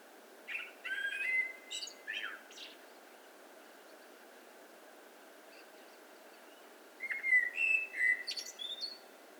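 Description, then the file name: Common blackbird song: two phrases of low, fluty warbled whistles ending in high squeaky twitters, separated by about four seconds of quiet hiss. "Turdus merula"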